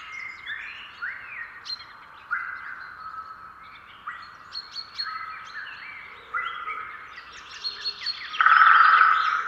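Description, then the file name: Eurasian jay giving a varied run of short, harmonic call notes, some rising and falling, with a harsher, louder burst near the end. "Garrulus glandarius"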